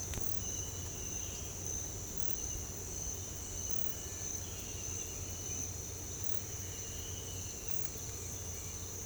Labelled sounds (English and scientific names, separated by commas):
none